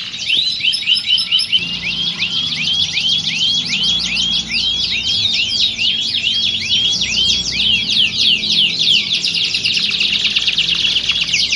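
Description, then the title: Canary song: a brief high tinkling start, then a long series of quick rising slurred notes repeated rapidly, with dense trills over them. Belgian canary; warm-up song used to train birds for singing contests, a contest simulation meant to build a champion canary's nerve. "Canto Para Esquentar Canário Belga. Simulasi Lomba Kenari. Suara Kenari Lomba. Melatih Mental Kenari Juara"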